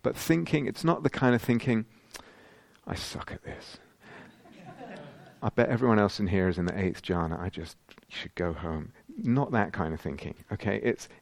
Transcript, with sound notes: But 'thinking' -- it's not the kind of thinking: "I suck at this." [laughter] "I bet everyone else in here is in the eighth jhāna. I just should go home." Not that kind of thinking, okay?